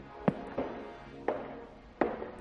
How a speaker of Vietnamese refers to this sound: Tiếng bước chân cứ vang lên, vang lên như tra tấn thần kinh vậy.